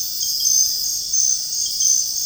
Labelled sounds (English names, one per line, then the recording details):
none
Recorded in dense forest near Puerto Asís, Putumayo, Colombia, on 20 February 2024 at 03:30
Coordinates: 0.485, -76.325
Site G6429